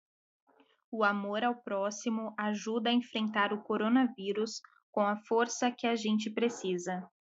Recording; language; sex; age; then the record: spoken sentence; Brazilian Portuguese; female; 20 to 29 years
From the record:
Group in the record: control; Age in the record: 28 years